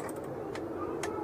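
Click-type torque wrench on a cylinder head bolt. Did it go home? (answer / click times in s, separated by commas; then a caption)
yes / 1.0 s. A click-type torque wrench tightens cylinder head bolt number two on a 1996–2000 Honda Civic during a head gasket change, pulled in one smooth swing until it clicks at its setting of 14. A short tick at 0.6 s comes first, then the wrench's sharp click at 1.0 s over a steady low hum, confirming the bolt reached the 14 setting.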